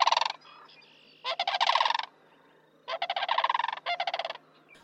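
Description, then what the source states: Sandhill Crane rattling, purring bugles in several bursts, with faint other bird notes in the quiet gaps. Family groups travel together south and through winter, even in large flocks; parents often stay together for life; may recognize family members from many years ago; up to 3 chicks raised per season.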